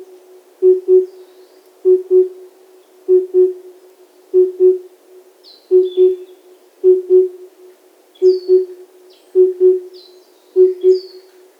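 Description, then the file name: Cuckoo giving paired hoots on one low pitch, the pair repeated steadily many times, with faint thin chirps from other birds in the background. Wild cuckoo calling in Hokkaido. "Cuckoo hoots in wild hokkaido"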